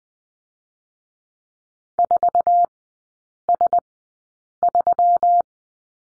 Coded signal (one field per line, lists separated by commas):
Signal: Morse code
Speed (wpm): 20 wpm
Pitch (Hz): 700 Hz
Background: none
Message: 4S3